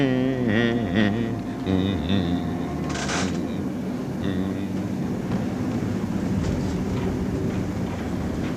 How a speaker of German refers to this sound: Sieh doch mal, du. Da kommt noch eine Straßenbahn. Was? Um die Zeit?